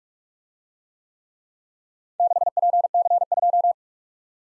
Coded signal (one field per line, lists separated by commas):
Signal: Morse code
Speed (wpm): 50 wpm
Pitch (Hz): 700 Hz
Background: none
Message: 6PC2